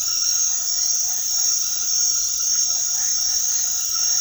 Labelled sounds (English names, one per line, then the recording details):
none
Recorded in secondary vegetation near Puerto Asís, Putumayo, Colombia, on 19 February 2024 at 22:30
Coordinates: 0.500, -76.326
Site G6428